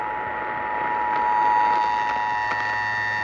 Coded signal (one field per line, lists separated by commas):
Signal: Emergency Alert System (SAME) tones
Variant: 853 and 960 Hz attention tone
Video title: Much Better…Sorta. EAS Alerts From June 13-15, 2023